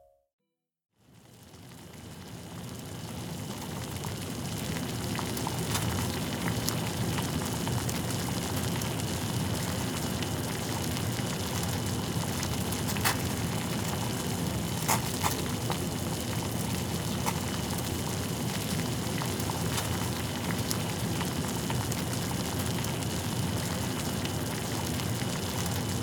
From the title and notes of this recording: Sleepy Boiling Water Ambience.